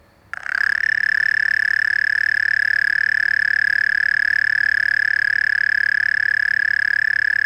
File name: Gryllotalpa gryllotalpa